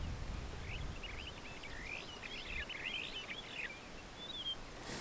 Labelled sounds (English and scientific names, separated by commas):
Superb Starling (Lamprotornis superbus) flight call